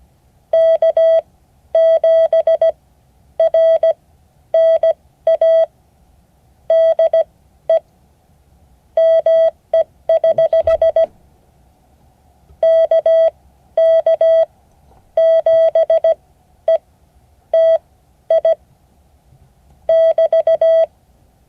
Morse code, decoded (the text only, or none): K7RNA DE ME <HH> KK7ETI <BT>